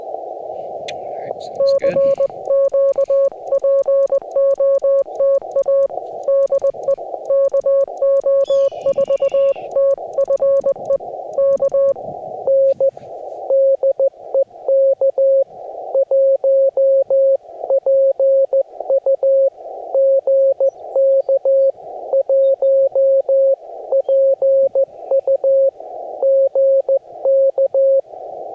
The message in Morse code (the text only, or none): CQ POTA DE KO4TFE K N DE K1PUG K1PUG K